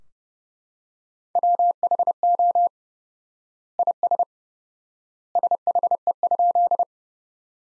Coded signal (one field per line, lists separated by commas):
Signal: Morse code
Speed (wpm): 30 wpm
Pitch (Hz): 700 Hz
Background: none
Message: WHO IS SHE?